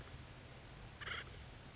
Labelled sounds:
Acorn Woodpecker (Melanerpes formicivorus)
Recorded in Sonoma County, California

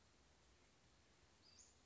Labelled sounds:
Western Flycatcher (Empidonax difficilis)
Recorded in Sonoma County, California

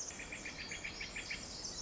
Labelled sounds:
Pacific Wren (Troglodytes pacificus)
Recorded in Sonoma County, California

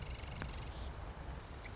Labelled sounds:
Marsh Wren (Cistothorus palustris)
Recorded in Sonoma County, California

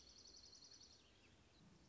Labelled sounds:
Dark-eyed Junco (Junco hyemalis)
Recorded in Sonoma County, California

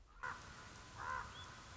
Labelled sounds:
Common Raven (Corvus corax)
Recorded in Sonoma County, California

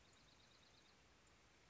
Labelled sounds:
Bewick's Wren (Thryomanes bewickii)
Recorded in Sonoma County, California

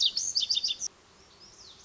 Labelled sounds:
Lazuli Bunting (Passerina amoena)
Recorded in Sonoma County, California

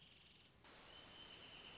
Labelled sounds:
Wrentit (Chamaea fasciata)
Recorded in Sonoma County, California

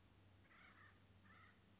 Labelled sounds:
Acorn Woodpecker (Melanerpes formicivorus)
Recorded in Sonoma County, California

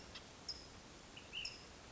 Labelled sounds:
Ash-throated Flycatcher (Myiarchus cinerascens)
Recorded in Sonoma County, California

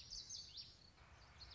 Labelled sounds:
Common Yellowthroat (Geothlypis trichas)
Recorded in Sonoma County, California

